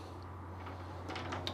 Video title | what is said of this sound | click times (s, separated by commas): Vogt RV's Virtual RV Spring Show! | that locks and locks in place | 1.5 s